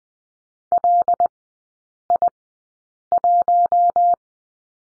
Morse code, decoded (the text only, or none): LI1